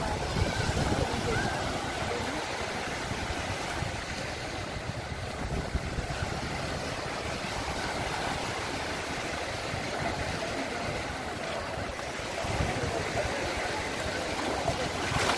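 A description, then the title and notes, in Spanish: Sea and beach on a busy summer weekend: a steady, dense wash of surf and churning water fills the clip without pause. The level stays fairly even, swelling slightly near the start and again around twelve seconds, with a low rumble underneath throughout. Los sonidos del mar. Playa de Sitges (Barcelona - España). Así suena el mar y la playa un fin de semana de agosto en Sitges (Barcelona).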